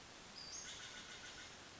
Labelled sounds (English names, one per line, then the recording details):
Western Flycatcher
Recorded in Sonoma County, California